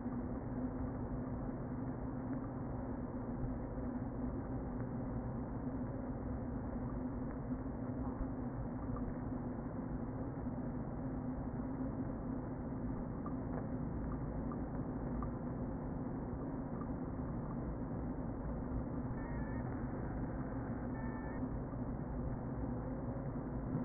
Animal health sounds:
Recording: honeybee colony, microphone inside the hive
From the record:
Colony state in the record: queen present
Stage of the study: before two queens were removed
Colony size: about 60,000 bees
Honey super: yes

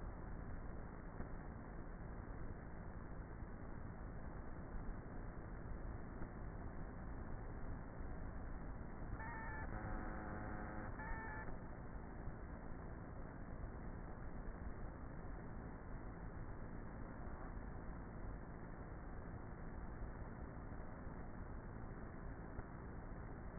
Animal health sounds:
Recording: honeybee colony, microphone inside the hive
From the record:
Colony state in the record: queenless with a low population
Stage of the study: before two queens were removed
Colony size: about 30,000 bees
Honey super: no

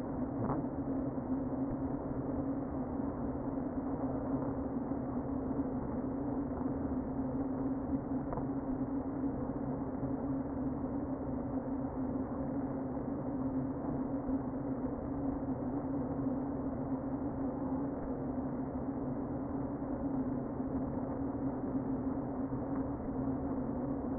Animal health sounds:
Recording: honeybee colony, microphone inside the hive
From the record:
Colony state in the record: queen present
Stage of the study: before two queens were removed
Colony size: about 60,000 bees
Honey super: yes

